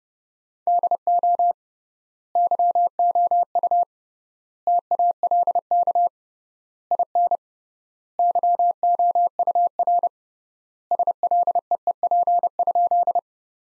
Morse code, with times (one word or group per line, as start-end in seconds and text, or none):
0.7-1.5 DO
2.4-3.8 YOU
4.7-6.1 TALK
6.9-7.4 IN
8.2-10.1 YOUR
10.9-13.2 SLEEP?